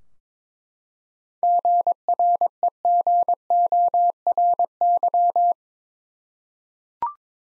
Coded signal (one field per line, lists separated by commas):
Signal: Morse code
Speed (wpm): 21 wpm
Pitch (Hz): 700 Hz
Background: none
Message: GREGORY